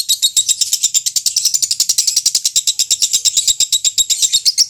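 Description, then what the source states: Lovebird chattering song of fast, high-pitched, scratchy twitters repeated without break throughout. Fretty-type lovebird, owned by Om Barnas.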